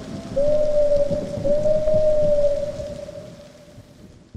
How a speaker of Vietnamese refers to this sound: Bên ngoài mưa xối xả, sấm chớp vang rền, tiếng cú kêu lên từng hồi nghe ghê rợn.